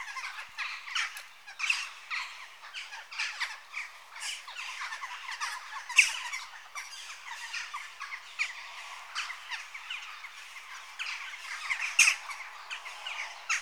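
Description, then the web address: Western jackdaw calls, many short harsh chack notes from several birds overlapping in a busy, steady chatter with louder bursts near six and twelve seconds. Adult birds. "BBC Sound Effects Library Birds Jackdaw (Corvus Monedula) Adults"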